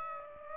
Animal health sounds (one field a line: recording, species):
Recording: mosquito wingbeat signal from an infrared sensor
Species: Aedes aegypti